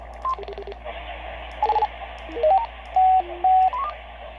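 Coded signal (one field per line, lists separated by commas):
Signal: roger beep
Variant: CB radio roger beep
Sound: several short melodic beep sequences of stepping tones over radio hiss and hum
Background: radio static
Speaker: we can go through the the Roger beeps I currently have a set on number six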